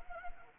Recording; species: mosquito wingbeat signal from an infrared sensor; Anopheles arabiensis